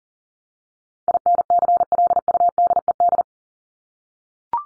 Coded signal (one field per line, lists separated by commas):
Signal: Morse code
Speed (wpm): 40 wpm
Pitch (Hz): 700 Hz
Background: none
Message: INCLUDED